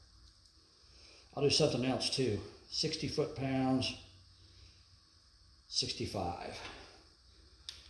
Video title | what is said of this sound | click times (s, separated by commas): Part 8. Let's build an engine! Installing the heads and I use what? 🤔 | this one here has a nice solid click every single time | 7.7 s